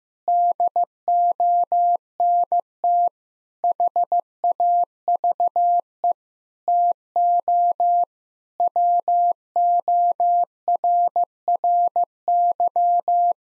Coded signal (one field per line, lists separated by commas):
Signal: Morse code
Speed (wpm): 15 wpm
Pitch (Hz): 700 Hz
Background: none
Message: DONT HAVE TO WORRY